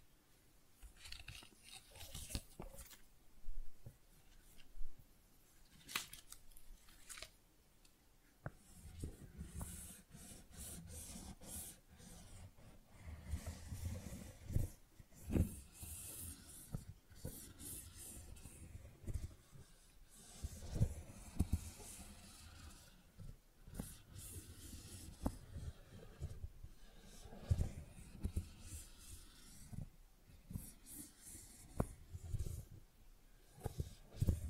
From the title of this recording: Tingly Flower Sounds